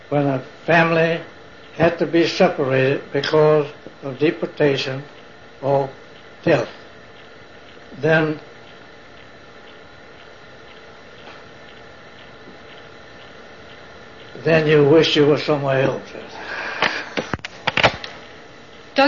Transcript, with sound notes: when a family had to be separated because of deportation or death. Then, (long pause) then you wished you were somewhere else.
Dr.